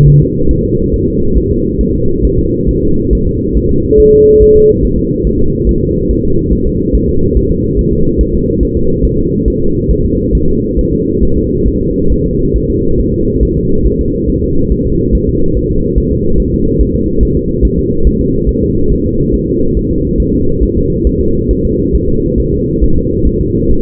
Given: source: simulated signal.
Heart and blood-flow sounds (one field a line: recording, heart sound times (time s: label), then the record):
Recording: fetal heart sounds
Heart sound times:
0.08 s: S1
0.22 s: S2
0.51 s: S1
0.65 s: S2
0.94 s: S1
1.08 s: S2
1.38 s: S1
1.52 s: S2
1.81 s: S1
1.95 s: S2
2.25 s: S1
2.39 s: S2
2.69 s: S1
2.83 s: S2
3.13 s: S1
3.27 s: S2
3.57 s: S1
3.71 s: S2
4.00 s: S1
4.14 s: S2
4.42 s: S1
4.56 s: S2
4.85 s: S1
4.99 s: S2
5.27 s: S1
5.41 s: S2
5.69 s: S1
5.83 s: S2
6.11 s: S1
6.25 s: S2
6.53 s: S1
6.67 s: S2
6.95 s: S1
7.09 s: S2
7.37 s: S1
7.51 s: S2
7.79 s: S1
7.93 s: S2
8.21 s: S1
8.35 s: S2
8.63 s: S1
8.77 s: S2
9.05 s: S1
9.19 s: S2
9.48 s: S1
9.62 s: S2
9.91 s: S1
10.05 s: S2
10.35 s: S1
10.49 s: S2
10.79 s: S1
10.93 s: S2
11.23 s: S1
11.37 s: S2
11.68 s: S1
11.82 s: S2
12.12 s: S1
12.26 s: S2
12.56 s: S1
12.70 s: S2
13.00 s: S1
13.14 s: S2
13.43 s: S1
13.57 s: S2
13.87 s: S1
14.01 s: S2
14.30 s: S1
14.44 s: S2
14.72 s: S1
14.86 s: S2
15.15 s: S1
15.29 s: S2
15.57 s: S1
15.71 s: S2
15.98 s: S1
16.12 s: S2
16.40 s: S1
16.54 s: S2
16.81 s: S1
16.95 s: S2
17.23 s: S1
17.37 s: S2
17.65 s: S1
17.79 s: S2
18.07 s: S1
18.21 s: S2
18.49 s: S1
18.63 s: S2
18.92 s: S1
19.06 s: S2
19.34 s: S1
19.48 s: S2
19.77 s: S1
19.91 s: S2
20.20 s: S1
20.34 s: S2
20.63 s: S1
20.77 s: S2
21.07 s: S1
21.21 s: S2
21.51 s: S1
21.65 s: S2
21.95 s: S1
22.09 s: S2
22.40 s: S1
22.54 s: S2
22.84 s: S1
22.98 s: S2
23.27 s: S1
23.41 s: S2
23.71 s: S1
From the record:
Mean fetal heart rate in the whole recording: 140 bpm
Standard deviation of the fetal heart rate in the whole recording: 2 bpm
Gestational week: 34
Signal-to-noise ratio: -16.4 dB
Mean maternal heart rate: 72 bpm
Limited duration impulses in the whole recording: present